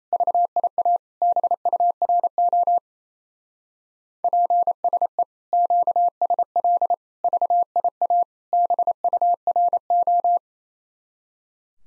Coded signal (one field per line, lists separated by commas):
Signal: Morse code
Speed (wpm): 37 wpm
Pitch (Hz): 700 Hz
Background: none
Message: VIA BURO PSE QSL VIA BURO